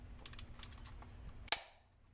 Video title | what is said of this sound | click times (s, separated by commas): BMW M3 - OEM M Performance Carbon Fiber Interior Trim DIY Install (F80/F82/F30) | Snaps right in. | 1.5 s